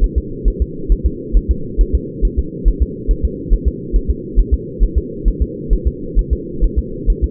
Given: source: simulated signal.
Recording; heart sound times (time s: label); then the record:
fetal heart sounds
0.04 s: S1
0.18 s: S2
0.48 s: S1
0.62 s: S2
0.92 s: S1
1.06 s: S2
1.37 s: S1
1.51 s: S2
1.81 s: S1
1.95 s: S2
2.25 s: S1
2.39 s: S2
2.68 s: S1
2.82 s: S2
3.11 s: S1
3.25 s: S2
3.54 s: S1
3.68 s: S2
3.96 s: S1
4.10 s: S2
4.39 s: S1
4.54 s: S2
4.83 s: S1
4.98 s: S2
5.28 s: S1
5.42 s: S2
5.73 s: S1
5.88 s: S2
6.19 s: S1
6.33 s: S2
6.64 s: S1
6.79 s: S2
7.10 s: S1
7.24 s: S2
From the record:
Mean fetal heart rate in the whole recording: 135 bpm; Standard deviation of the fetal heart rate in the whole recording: 3 bpm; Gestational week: 36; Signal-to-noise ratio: -4.3 dB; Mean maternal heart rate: 72 bpm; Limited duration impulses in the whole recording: absent